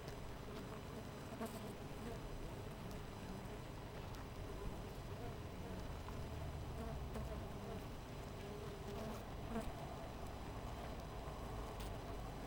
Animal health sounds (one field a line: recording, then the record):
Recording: honeybee colony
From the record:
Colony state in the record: missing queen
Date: 14 July 2017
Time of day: 4:54